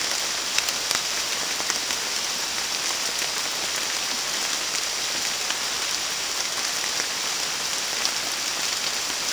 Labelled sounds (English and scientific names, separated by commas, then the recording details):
none
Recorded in dense forest near Puerto Asís, Putumayo, Colombia, on 21 March 2025 at 13:00
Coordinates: 0.499, -76.324
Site GP03